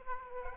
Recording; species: mosquito wingbeat signal from an infrared sensor; Aedes aegypti